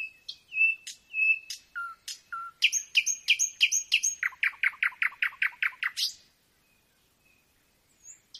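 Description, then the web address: Nightingale song: repeated pure whistles, then rapid chattering phrases and a fast run of repeated notes, followed by quiet. Singing at night; nocturnal performance. "spiew ptakow nocny wystep slowika"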